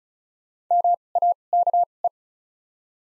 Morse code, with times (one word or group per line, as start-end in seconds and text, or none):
0.7-0.9 M
1.2-1.3 A
1.5-1.8 K
2.0-2.1 E